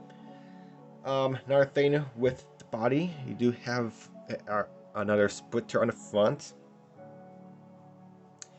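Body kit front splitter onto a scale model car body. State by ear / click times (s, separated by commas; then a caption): seated / 8.4 s. A resin/printed front splitter from a 1/24 scale wide body kit for a Tamiya Mk 4 Toyota Supra model car body is pressed onto the front of the body. Someone talks over quiet background music, then a short, sharp click is heard at 8.4 s as the splitter snaps into place and is seated.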